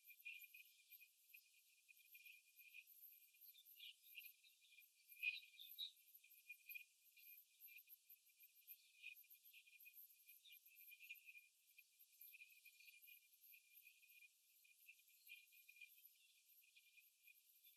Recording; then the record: young laying hens in a cage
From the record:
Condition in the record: after the stressor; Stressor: simulated dog barking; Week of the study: 3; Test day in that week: 2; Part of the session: 2